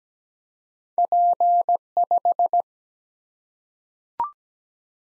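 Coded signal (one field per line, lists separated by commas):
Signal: Morse code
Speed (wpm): 17 wpm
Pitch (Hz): 700 Hz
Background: none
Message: P5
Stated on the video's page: Computer-generated Morse head-copy drill of single-letter/single-number combinations at 17 wpm; each sent, spoken, then sent again.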